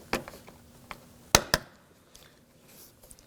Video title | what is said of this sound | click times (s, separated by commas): How to Replace Rear Exterior Door Handles 2005-2009 Subaru Legacy | Once you have it lined up, it should just snap right in. | 1.3 s